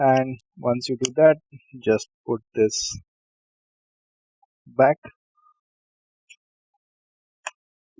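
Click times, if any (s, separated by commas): 7.5 s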